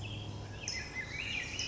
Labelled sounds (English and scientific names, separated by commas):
California Towhee (Melozone crissalis)